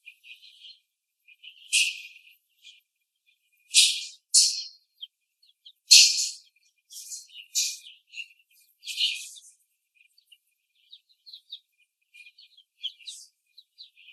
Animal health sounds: young laying hens in a cage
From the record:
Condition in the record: after the stressor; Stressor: simulated dog barking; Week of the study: 2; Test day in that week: 3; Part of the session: 1

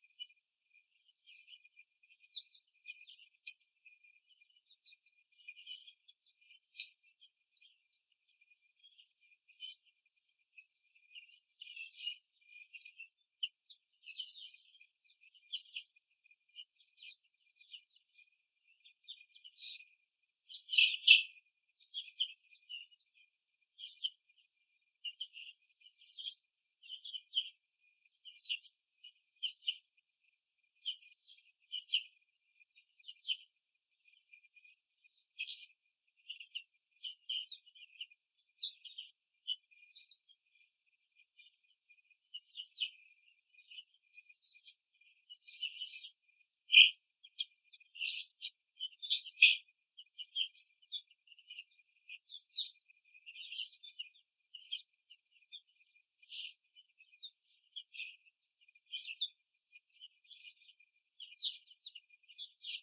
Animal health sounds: young laying hens in a cage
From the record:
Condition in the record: before the stressor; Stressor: simulated dog barking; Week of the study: 3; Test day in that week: 1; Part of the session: 1

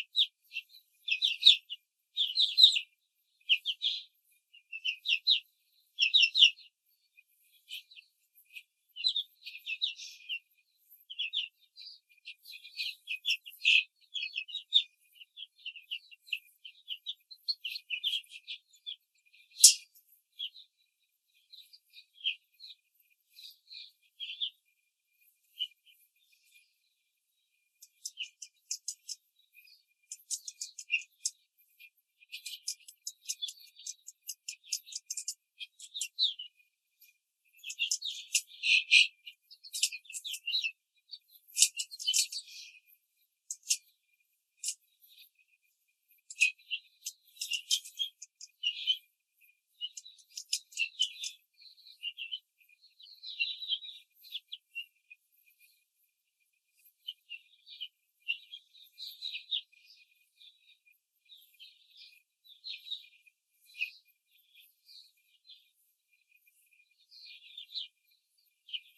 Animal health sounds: young laying hens in a cage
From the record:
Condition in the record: control cage, before the stress test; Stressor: none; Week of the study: 4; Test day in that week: 1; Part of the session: 3

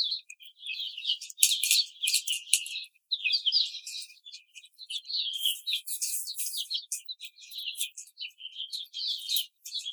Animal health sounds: young laying hens in a cage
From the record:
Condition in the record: treatment cage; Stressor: simulated dog barking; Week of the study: 5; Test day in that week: 1

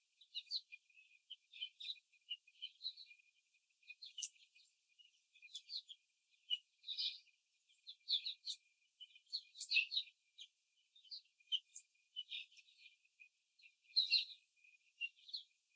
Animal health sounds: young laying hens in a cage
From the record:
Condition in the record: before the stressor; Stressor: simulated dog barking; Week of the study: 3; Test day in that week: 2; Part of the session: 2

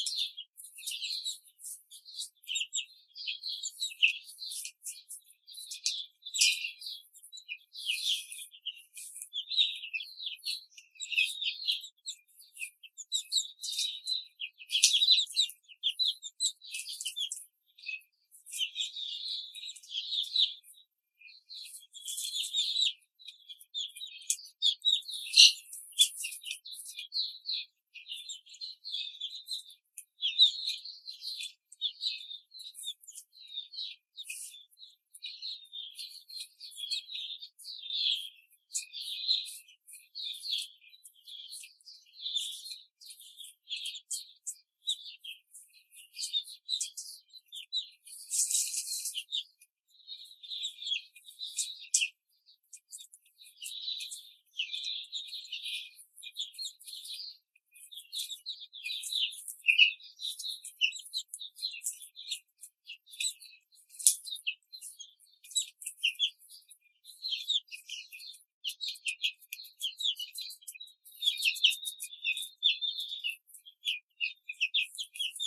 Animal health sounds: young laying hens in a cage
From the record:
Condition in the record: control cage, before the stress test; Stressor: none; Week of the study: 4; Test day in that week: 3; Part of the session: 2

